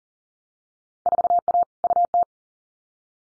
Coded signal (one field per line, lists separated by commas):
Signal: Morse code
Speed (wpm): 40 wpm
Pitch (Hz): 700 Hz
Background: none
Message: 4A UT